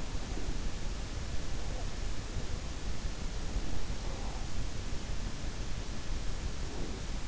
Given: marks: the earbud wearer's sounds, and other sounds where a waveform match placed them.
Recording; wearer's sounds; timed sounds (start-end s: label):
sounds in sleep by an in-ear microphone; breath
0.04-0.88 s: breath
6.44-7.28 s: breath